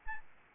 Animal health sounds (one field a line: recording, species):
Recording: mosquito wingbeat signal from an infrared sensor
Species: Aedes albopictus